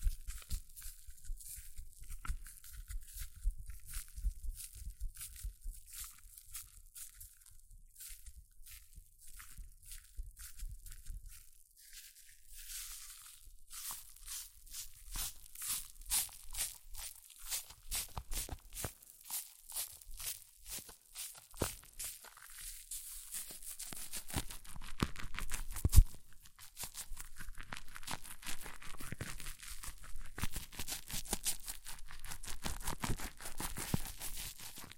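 Hair mousse fizzes and crackles in dense, bright bursts of tiny pops, briefly quieter near eleven seconds, then busier and louder after twenty-five seconds.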